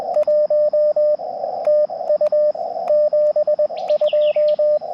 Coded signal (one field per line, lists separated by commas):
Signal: Morse code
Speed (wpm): 20 wpm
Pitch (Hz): 600 Hz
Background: radio noise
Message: 1 TU 72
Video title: POTA QRP CW - 05/31/23 @ K-4451